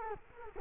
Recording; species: mosquito wingbeat signal from an infrared sensor; Culex quinquefasciatus